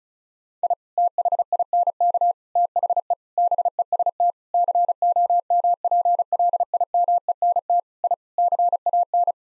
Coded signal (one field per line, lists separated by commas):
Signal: Morse code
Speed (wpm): 34 wpm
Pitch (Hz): 700 Hz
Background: none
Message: I THINK THE BEST COMPLIMENT I CAN